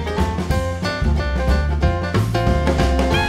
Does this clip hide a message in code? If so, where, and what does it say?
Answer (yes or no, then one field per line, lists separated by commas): no